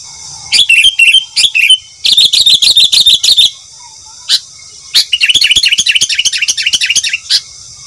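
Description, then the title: Sooty-headed bulbul chirping song, quick series of bright notes in three bursts separated by short pauses, the middle run even and rapid. "Kutilang"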